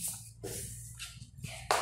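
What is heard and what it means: A 12 V cigarette-lighter-type power socket is adapted and pressed into its mounting spot on a CG 150 motorcycle, with scraping, shuffling handling noises as it is positioned. A single sharp hit at 1.7 s marks the socket seating, and it fits exactly right in its mount.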